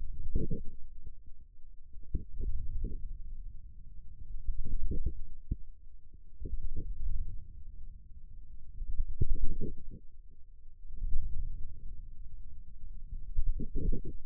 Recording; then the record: forearm muscle sounds (acoustic myography)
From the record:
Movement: wrist flexion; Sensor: system 2, bracelet of six BSWA MPA416 microphones around the upper forearm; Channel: 3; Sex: male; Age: 22 years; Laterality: right